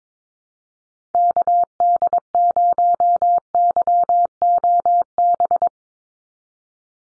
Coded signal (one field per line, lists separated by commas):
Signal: Morse code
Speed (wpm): 22 wpm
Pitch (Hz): 700 Hz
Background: none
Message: KD0YOB